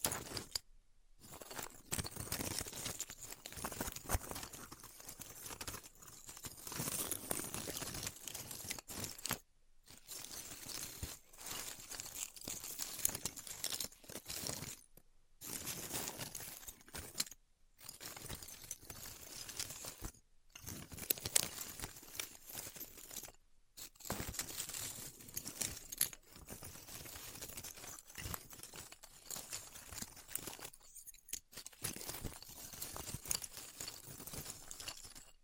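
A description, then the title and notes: Styrofoam being cut with a heat cutter gives a dense, hissy crackle full of fine ticks and rustles that stays bright. The sound runs in bursts of a few seconds each, separated by short dead silences roughly every three to five seconds. ASMR Styrofoam Heat Cutting (No Talking).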